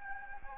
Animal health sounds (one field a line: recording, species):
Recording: mosquito wingbeat signal from an infrared sensor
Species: Anopheles gambiae